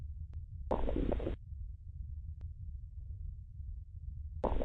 Hyperactive bowel sounds.